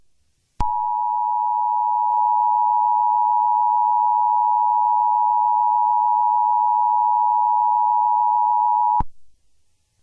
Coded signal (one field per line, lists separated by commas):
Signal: Emergency Alert System (SAME) tones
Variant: 853 and 960 Hz attention tone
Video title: EAS Mock